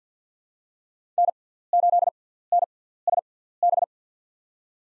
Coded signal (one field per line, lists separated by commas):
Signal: Morse code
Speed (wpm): 50 wpm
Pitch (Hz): 700 Hz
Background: none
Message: N8NSB